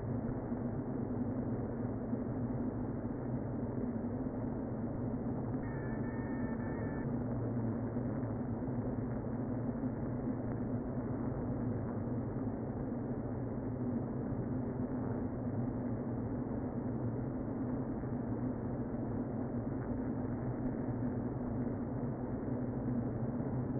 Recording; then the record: honeybee colony, microphone inside the hive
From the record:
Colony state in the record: queen present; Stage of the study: before two queens were removed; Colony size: about 60,000 bees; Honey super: yes